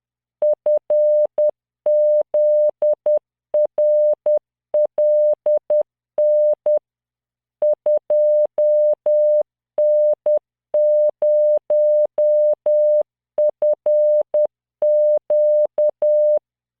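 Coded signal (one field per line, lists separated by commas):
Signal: Morse code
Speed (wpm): 10 wpm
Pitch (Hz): 600 Hz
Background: none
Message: FZRLN 2N0FQ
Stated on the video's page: Morse practice drill at 10 WPM, 600 Hz tone, standard 3-dot spacing, random five-character groups generated by CW training software.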